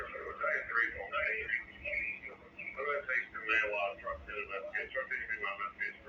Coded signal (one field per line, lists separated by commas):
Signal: Emergency Alert System (SAME) tones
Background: speech